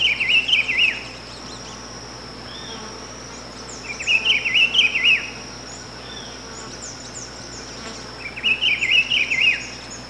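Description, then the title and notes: Rufous-browed Peppershrike song: three warbled, undulating phrases, each about a second long and spaced roughly four seconds apart, with a steady high tone behind. "Áudio do pio do pitiguari. Fonte: WikiAves"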